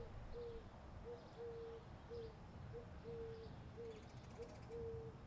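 Birds giving low, steady whistled notes, short and long, repeated irregularly, with faint high chirps in the background over a low rumble.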